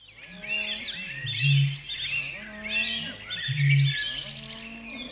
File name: australasian bittern